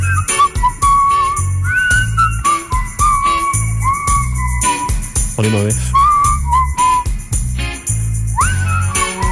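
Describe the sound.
People whistle a wavering tune of gliding notes over a loud, steady thumping beat, with a brief spoken remark slipped in.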